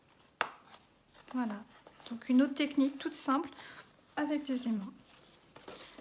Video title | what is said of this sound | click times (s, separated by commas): Tuto #8 - Boîte en origami sans colle | elle s'ouvre et se ferme. Vous entendez le petit clic? | 0.4 s